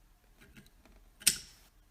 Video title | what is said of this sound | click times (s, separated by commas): Breakdown and Cleaning An AR-15!!! | And you'll feel it click down. | 1.3 s